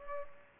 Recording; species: mosquito wingbeat signal from an infrared sensor; Culex pipiens